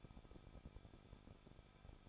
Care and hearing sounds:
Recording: daily activity, microphone in the room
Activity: no activity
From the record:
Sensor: 5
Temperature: 20.8 degrees Celsius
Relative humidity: 38.6%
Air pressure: 1006.4 hPa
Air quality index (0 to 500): 192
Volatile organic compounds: 21 ppm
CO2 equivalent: 2715 ppm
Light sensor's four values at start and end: 2/3/1/1 and 2/3/1/1

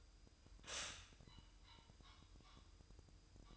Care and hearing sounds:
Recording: daily activity, microphone in the room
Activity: stop toaster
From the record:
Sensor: 2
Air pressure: 988.4 hPa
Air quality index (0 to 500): 191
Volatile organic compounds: 186 ppm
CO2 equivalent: 4165 ppm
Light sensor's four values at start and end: 20/68/27/25 and 20/68/27/25

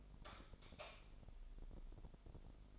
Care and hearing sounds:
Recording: daily activity, microphone in the room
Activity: light off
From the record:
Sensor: 5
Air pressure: 995.4 hPa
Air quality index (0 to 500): 95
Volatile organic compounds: 5 ppm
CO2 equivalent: 1808 ppm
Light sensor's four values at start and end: 36/86/35/35 and 35/80/33/33

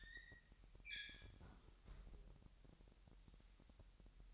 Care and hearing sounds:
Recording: daily activity, microphone in the room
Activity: close fridge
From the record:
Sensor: 3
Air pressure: 1001.9 hPa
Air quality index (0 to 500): 242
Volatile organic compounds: 46 ppm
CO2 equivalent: 3244 ppm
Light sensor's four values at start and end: 12/36/16/13 and 12/36/16/13

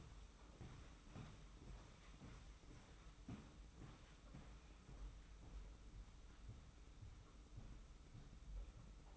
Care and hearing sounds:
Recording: daily activity, microphone in the room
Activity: walk to room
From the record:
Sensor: 1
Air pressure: 991.1 hPa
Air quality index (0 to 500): 90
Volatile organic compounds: 32 ppm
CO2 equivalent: 2994 ppm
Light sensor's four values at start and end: 32/96/39/40 and 35/114/44/46

